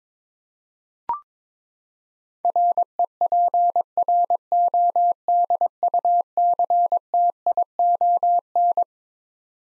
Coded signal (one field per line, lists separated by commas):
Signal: Morse code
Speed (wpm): 21 wpm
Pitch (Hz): 700 Hz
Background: none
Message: REPRODUCTION